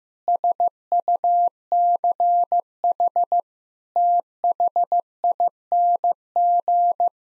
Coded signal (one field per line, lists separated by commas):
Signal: Morse code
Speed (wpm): 15 wpm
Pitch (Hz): 700 Hz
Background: none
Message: SUCH THING